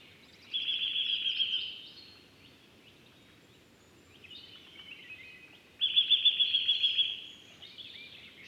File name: Sitta europaea